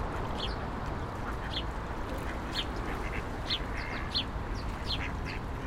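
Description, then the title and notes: Duck quacking in short repeated bursts against a constant low rumble of traffic. Ducks fed by passers-by on the Old Town Promenade, Stare Miasto, Wrocław, at 16:00; passing cars and buses; Sony PCM-D50 recorder, Rode NT4 microphone, FEL BMA preamplifier. "Kaczki i gołębie na Promenadzie Staromiejskiej cz.1 Lokalizacja: Stare Miasto Czas: 16.00. Kaczki i gołębie karmione przez przechodniów. Odgłosy przejeżdżających samochodów i autobusów. Autor nagrania: Bartosz Grzyb"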